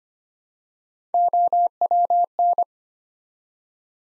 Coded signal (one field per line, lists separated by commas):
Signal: Morse code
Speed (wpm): 25 wpm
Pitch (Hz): 700 Hz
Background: none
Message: OWN